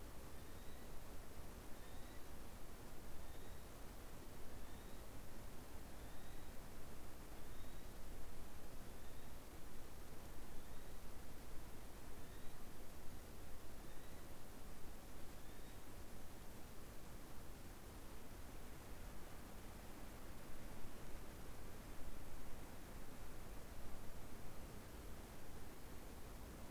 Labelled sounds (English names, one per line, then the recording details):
North Island Brown Kiwi male call
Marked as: faintness 4/5
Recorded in New Zealand on 19 October 2013
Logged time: 01:58
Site CR37